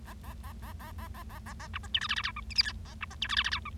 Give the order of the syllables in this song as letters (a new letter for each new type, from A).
A A A A A A A A A A B C D E F F G H I J K A B C D E F F G H